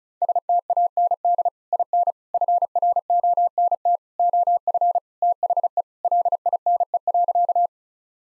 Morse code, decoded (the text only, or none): STAND IN FRONT OF THE LINE.